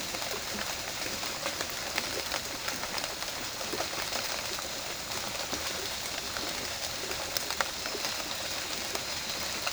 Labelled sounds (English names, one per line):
none